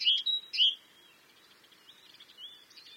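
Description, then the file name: Great tit calling: three bright, ringing two-part notes in quick succession, followed by fainter, thinner high notes trailing off. "Parus major"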